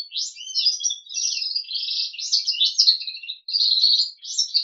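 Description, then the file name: Crested canary song: rich, rolling trills and twittering notes in close succession, broken by one short pause before the final phrases. "kenari jambul"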